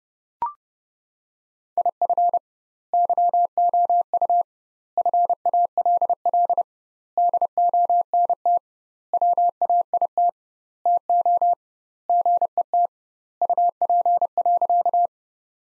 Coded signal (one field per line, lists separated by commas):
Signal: Morse code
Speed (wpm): 29 wpm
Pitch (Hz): 700 Hz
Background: none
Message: IF YOU FALL DONT WAIT TO GET UP.